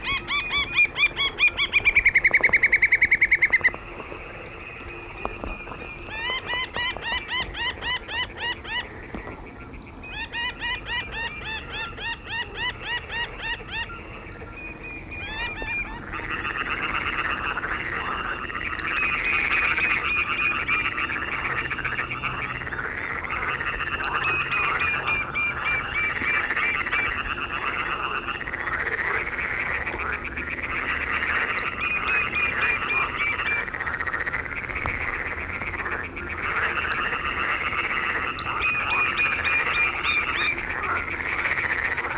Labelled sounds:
Little Grebe (Tachybaptus ruficollis) call

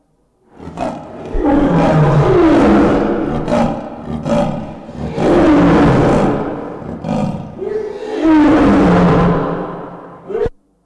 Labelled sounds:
Leopard (Panthera pardus) call

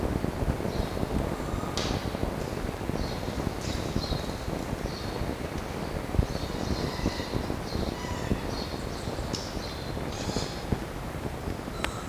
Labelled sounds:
Red Fox (Vulpes vulpes)

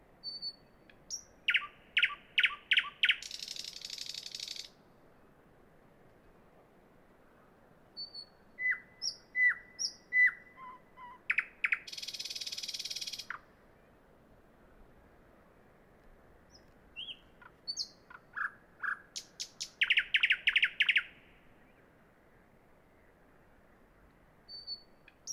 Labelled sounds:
Thrush Nightingale (Luscinia luscinia) song

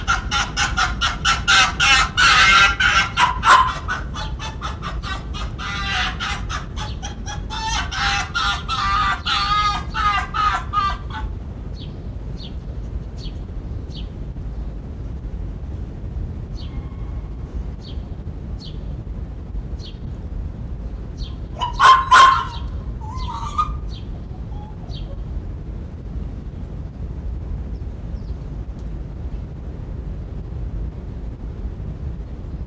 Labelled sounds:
Arctic Fox (Vulpes lagopus)

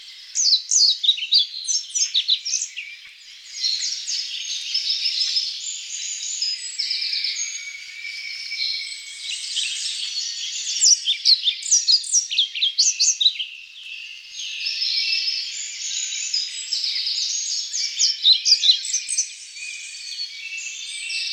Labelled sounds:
European Pied Flycatcher (Ficedula hypoleuca) song

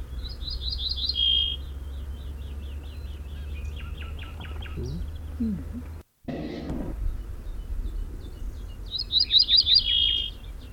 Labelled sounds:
Pine Bunting (Emberiza leucocephalos) song

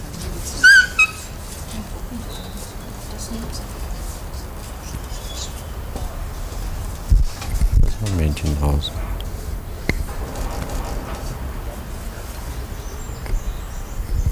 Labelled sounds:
Bonobo (Pan paniscus)

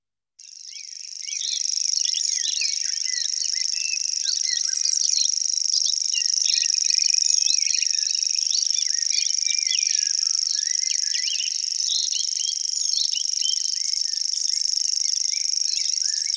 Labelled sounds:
Common Grasshopper Warbler (Locustella naevia) song

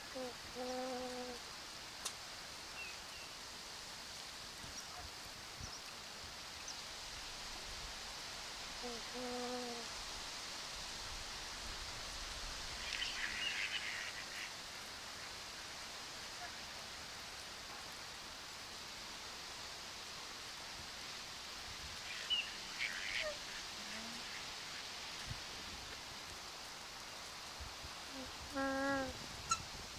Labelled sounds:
Hawaiian Goose (Branta sandvicensis) call

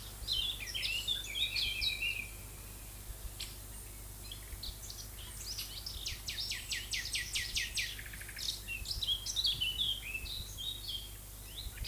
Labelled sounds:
Common Nightingale (Luscinia megarhynchos) song

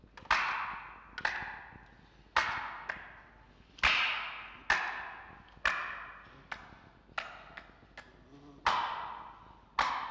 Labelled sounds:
Red Fox (Vulpes vulpes)

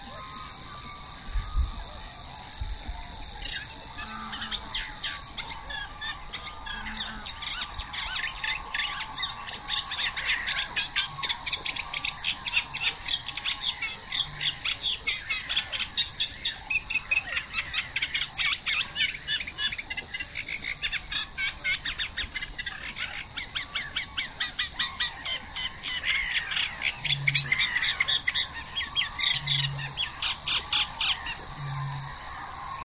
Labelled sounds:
Eurasian Reed Warbler (Acrocephalus scirpaceus) song

